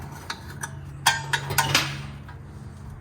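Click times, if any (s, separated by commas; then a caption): none. On a 2015–2021 Subaru STi (VA), the steel lower tension spring between the two parking brake shoes is pushed repeatedly toward its steel shoe. Sharp metallic clanks ring out at about 0.3, 1.1, 1.3, 1.6 and 1.8 seconds. The spring does not hook in, and nothing has seated or clicked yet.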